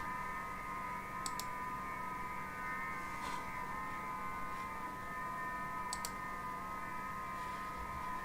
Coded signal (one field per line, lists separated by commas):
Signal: FT8